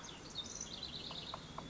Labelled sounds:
House Wren (Troglodytes aedon)
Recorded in Sonoma County, California

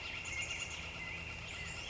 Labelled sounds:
Northern Flicker (Colaptes auratus)
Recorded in Sonoma County, California

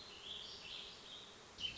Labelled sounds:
Warbling Vireo (Vireo gilvus)
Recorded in Sonoma County, California

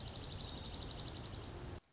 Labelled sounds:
Dark-eyed Junco (Junco hyemalis)
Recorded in Sonoma County, California

